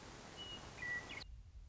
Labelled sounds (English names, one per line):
Western Meadowlark